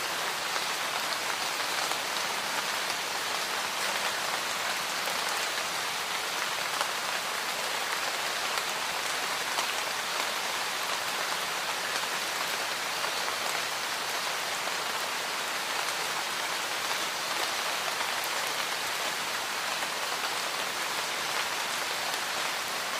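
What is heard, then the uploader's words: Rain falls steadily outdoors during a thunderstorm, a dense, even hiss of drops striking surfaces with no letup across the whole stretch. The sound is bright, and a faint low hum drifts in briefly near the start. No thunder stands out. An hour long thunderstorm outdoors. Outdoor Thunderstorm.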